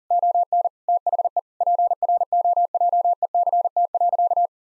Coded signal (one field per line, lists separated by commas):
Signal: Morse code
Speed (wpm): 40 wpm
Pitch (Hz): 700 Hz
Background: none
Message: ON THE PROJECT.